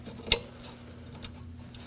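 The black horn wire connector on a 2013-2019 Nissan Sentra, during an AC condenser replacement, is pushed onto the bottom horn terminal and clicks into place at 0.3 seconds. The click is sharp and bright, followed by a few faint ticks over a low steady hum. The connector is seated.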